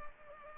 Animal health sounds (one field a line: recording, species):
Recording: mosquito wingbeat signal from an infrared sensor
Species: Culex pipiens